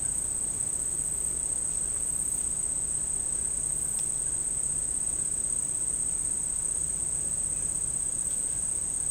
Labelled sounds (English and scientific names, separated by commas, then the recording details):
none
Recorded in secondary vegetation near Puerto Asís, Putumayo, Colombia, on 21 March 2025 at 11:30
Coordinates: 0.502, -76.326
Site G100